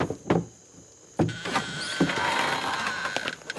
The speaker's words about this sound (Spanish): Safira abre la puerta de casa.